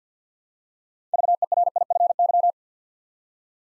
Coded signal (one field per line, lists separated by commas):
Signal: Morse code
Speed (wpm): 49 wpm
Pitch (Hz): 700 Hz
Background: none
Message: VERIFY